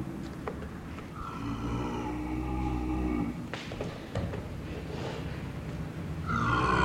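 Clouded leopard giving low, rough, moaning calls with rumbling grunts throughout, a brief higher tonal note near the end.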